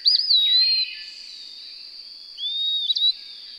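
Whistled bird song: a wavering looped phrase held long, a quiet gap, then a rising whistle with a brief flourish, over a persistent high hiss.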